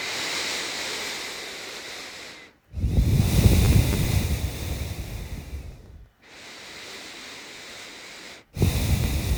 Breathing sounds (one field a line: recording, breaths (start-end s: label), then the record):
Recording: nose breathing near a microphone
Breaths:
0.00-2.53 s: inhalation
2.53-6.06 s: exhalation
6.06-8.38 s: inhalation
8.38-9.38 s: exhalation
From the record:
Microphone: phone